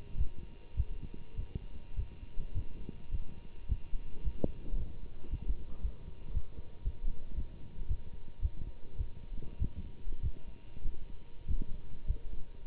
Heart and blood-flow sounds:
heart sounds by stethoscope; between the tricuspid and mitral areas; 106 bpm
0.16 s: heartbeat
0.76 s: heartbeat
1.36 s: heartbeat
1.96 s: heartbeat
2.54 s: heartbeat
3.11 s: heartbeat
3.68 s: heartbeat
4.23 s: heartbeat
4.77 s: heartbeat
5.30 s: heartbeat
5.82 s: heartbeat
6.33 s: heartbeat
6.84 s: heartbeat
7.35 s: heartbeat
7.87 s: heartbeat
8.41 s: heartbeat
8.97 s: heartbeat
9.58 s: heartbeat
10.21 s: heartbeat
10.83 s: heartbeat
11.47 s: heartbeat
12.06 s: heartbeat
12.65 s: heartbeat
From the record:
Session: Bruce protocol treadmill stress test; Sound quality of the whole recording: good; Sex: male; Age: 24 years

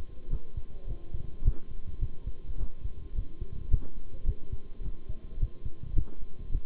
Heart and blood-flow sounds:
heart sounds by stethoscope; between the tricuspid and mitral areas; 106 bpm
0.30 s: heartbeat
0.87 s: heartbeat
1.44 s: heartbeat
2.01 s: heartbeat
2.58 s: heartbeat
3.15 s: heartbeat
3.70 s: heartbeat
4.26 s: heartbeat
4.82 s: heartbeat
5.39 s: heartbeat
5.95 s: heartbeat
6.52 s: heartbeat
From the record:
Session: bicycle stress test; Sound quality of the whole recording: good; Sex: male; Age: 23 years

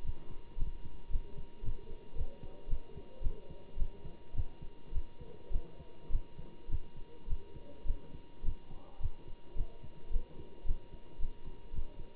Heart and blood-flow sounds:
heart sounds by stethoscope; between the tricuspid and mitral areas; 108 bpm
0.03 s: heartbeat
0.56 s: heartbeat
1.10 s: heartbeat
1.62 s: heartbeat
2.14 s: heartbeat
2.67 s: heartbeat
3.21 s: heartbeat
3.76 s: heartbeat
4.33 s: heartbeat
4.91 s: heartbeat
5.50 s: heartbeat
6.09 s: heartbeat
6.68 s: heartbeat
7.27 s: heartbeat
7.85 s: heartbeat
8.43 s: heartbeat
8.99 s: heartbeat
9.55 s: heartbeat
10.10 s: heartbeat
10.65 s: heartbeat
11.19 s: heartbeat
11.72 s: heartbeat
From the record:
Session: Bruce protocol treadmill stress test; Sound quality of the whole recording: good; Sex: male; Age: 25 years

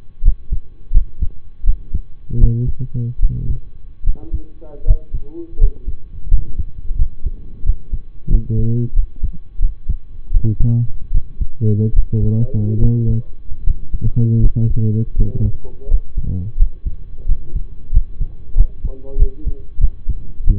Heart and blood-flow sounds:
heart sounds by stethoscope; between the tricuspid and mitral areas; 83 bpm
0.22 s: heartbeat
0.91 s: heartbeat
1.64 s: heartbeat
2.38 s: heartbeat
3.20 s: heartbeat
4.04 s: heartbeat
4.84 s: heartbeat
5.57 s: heartbeat
6.28 s: heartbeat
6.96 s: heartbeat
7.63 s: heartbeat
8.29 s: heartbeat
8.93 s: heartbeat
9.59 s: heartbeat
10.31 s: heartbeat
11.11 s: heartbeat
11.93 s: heartbeat
12.79 s: heartbeat
13.64 s: heartbeat
14.40 s: heartbeat
15.15 s: heartbeat
15.87 s: heartbeat
16.56 s: heartbeat
17.25 s: heartbeat
17.90 s: heartbeat
18.54 s: heartbeat
19.16 s: heartbeat
19.78 s: heartbeat
20.44 s: heartbeat
From the record:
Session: rest, lying down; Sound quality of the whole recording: partially saturated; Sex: male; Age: 25 years

